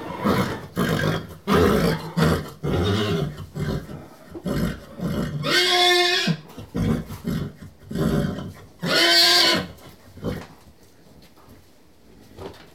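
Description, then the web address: Horse whinnying twice, shrill harmonic neighs around six and nine seconds, between rough breathy snorts and scuffling noises. "The BBC Sound Effects Library. Horses"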